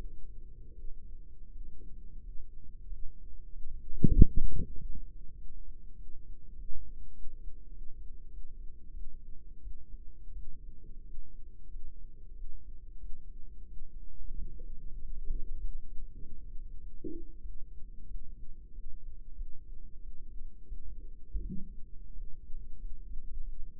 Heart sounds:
heart sounds by microphone in the right ear; 93 bpm
0.72 s: heartbeat
1.48 s: heartbeat
2.19 s: heartbeat
2.84 s: heartbeat
3.47 s: heartbeat
4.11 s: heartbeat
4.73 s: heartbeat
5.33 s: heartbeat
5.92 s: heartbeat
6.52 s: heartbeat
7.11 s: heartbeat
7.69 s: heartbeat
8.28 s: heartbeat
8.91 s: heartbeat
9.59 s: heartbeat
10.31 s: heartbeat
11.01 s: heartbeat
11.66 s: heartbeat
12.32 s: heartbeat
12.98 s: heartbeat
13.64 s: heartbeat
14.32 s: heartbeat
14.96 s: heartbeat
15.57 s: heartbeat
16.17 s: heartbeat
16.77 s: heartbeat
17.40 s: heartbeat
18.05 s: heartbeat
18.71 s: heartbeat
19.34 s: heartbeat
19.98 s: heartbeat
20.66 s: heartbeat
21.39 s: heartbeat
22.11 s: heartbeat
22.77 s: heartbeat
23.42 s: heartbeat
From the record:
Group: healthy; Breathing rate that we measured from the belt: 15 breaths a minute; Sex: male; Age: 21 years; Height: 180 cm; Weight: 67.5 kg

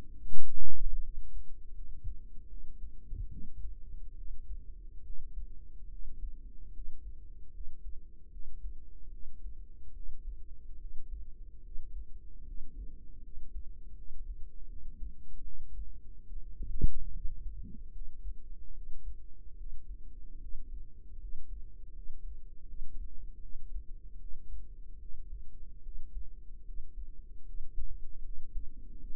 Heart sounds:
heart sounds by microphone in the right ear; 75 bpm
0.29 s: heartbeat
1.02 s: heartbeat
1.74 s: heartbeat
2.48 s: heartbeat
3.29 s: heartbeat
4.16 s: heartbeat
5.03 s: heartbeat
5.89 s: heartbeat
6.72 s: heartbeat
7.52 s: heartbeat
8.30 s: heartbeat
9.10 s: heartbeat
9.93 s: heartbeat
10.78 s: heartbeat
11.62 s: heartbeat
12.44 s: heartbeat
13.22 s: heartbeat
13.95 s: heartbeat
14.67 s: heartbeat
15.43 s: heartbeat
16.25 s: heartbeat
17.11 s: heartbeat
17.91 s: heartbeat
18.73 s: heartbeat
19.56 s: heartbeat
20.39 s: heartbeat
21.19 s: heartbeat
21.94 s: heartbeat
22.66 s: heartbeat
23.40 s: heartbeat
24.18 s: heartbeat
24.99 s: heartbeat
25.82 s: heartbeat
26.64 s: heartbeat
27.44 s: heartbeat
28.22 s: heartbeat
28.98 s: heartbeat
From the record:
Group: healthy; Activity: rest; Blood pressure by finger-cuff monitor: 101/36 mmHg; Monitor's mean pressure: 58 mmHg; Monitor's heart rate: 75 bpm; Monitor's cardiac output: 10.4 L/min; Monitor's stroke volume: 138 mL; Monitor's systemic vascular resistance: 390 dyn s/cm5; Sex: female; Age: 32 years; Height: 168 cm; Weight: 61.9 kg

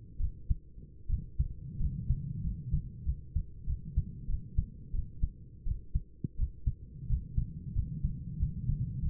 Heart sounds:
heart sounds by stethoscope; 88 bpm
0.19 s: heartbeat
1.08 s: heartbeat
1.79 s: heartbeat
2.42 s: heartbeat
3.05 s: heartbeat
3.66 s: heartbeat
4.27 s: heartbeat
4.93 s: heartbeat
5.65 s: heartbeat
6.37 s: heartbeat
7.08 s: heartbeat
7.75 s: heartbeat
8.38 s: heartbeat
9.01 s: heartbeat
From the record:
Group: healthy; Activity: rest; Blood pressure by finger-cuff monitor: 114/54 mmHg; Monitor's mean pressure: 75 mmHg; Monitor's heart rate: 84 bpm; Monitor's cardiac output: 10.3 L/min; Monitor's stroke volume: 125 mL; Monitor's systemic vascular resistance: 540 dyn s/cm5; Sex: male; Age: 24 years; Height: 184 cm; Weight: 89 kg

